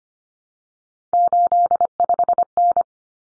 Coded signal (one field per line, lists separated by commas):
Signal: Morse code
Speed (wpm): 25 wpm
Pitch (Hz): 700 Hz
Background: none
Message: 85N